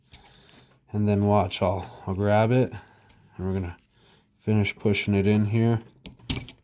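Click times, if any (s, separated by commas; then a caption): 6.3 s. Someone talks while a steel wrist-pin retaining clip is spun into the pin bore of an aluminium piston for a 4G63 build, then pushed the rest of the way in by hand. At 6.3 s it snaps sharply into its groove, and the clip is seated.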